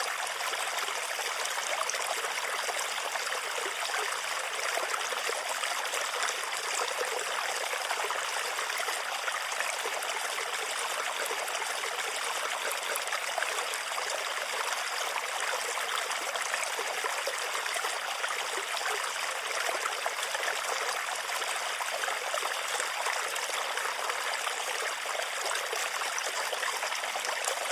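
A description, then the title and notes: A bamboo water fountain trickles steadily, a dense, even splashing that holds at the same level for the whole stretch. The sound is bright, filled with fine crackling droplets, and a faint low hum runs underneath. Sleep Sounds Bamboo Water Fountain.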